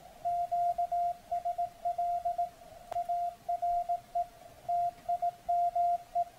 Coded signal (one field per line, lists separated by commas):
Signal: Morse code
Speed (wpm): 18 wpm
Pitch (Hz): 700 Hz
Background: radio noise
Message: QSL ARE TIME